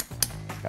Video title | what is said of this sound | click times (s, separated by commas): How to Change a Tire In Less Than 15 Minutes | our click there. | 0.2 s